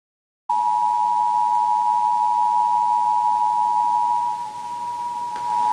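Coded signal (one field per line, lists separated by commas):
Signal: Emergency Alert System (SAME) tones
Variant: 853 and 960 Hz attention tone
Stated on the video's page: Required monthly test EAS audio containing valid tones capable of activating EAS equipment.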